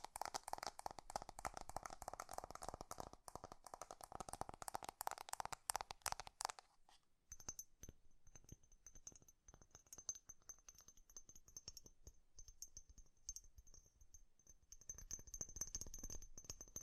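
Fast tapping, a dense flurry of quick, crisp taps. For the first seven seconds the taps are louder and fuller, with a ringing middle tone. After that they turn lighter and sparser, more clicky, over a thin high whine that holds steady to the end.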